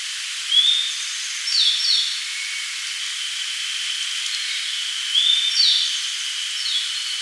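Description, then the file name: Grey bunting repeating a phrase twice: an upward whistle then two or three falling high notes, about four and a half seconds apart, steady hiss behind. "Emberiza variabilis"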